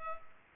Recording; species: mosquito wingbeat signal from an infrared sensor; Culex pipiens